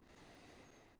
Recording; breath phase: one breath near a microphone; inhalation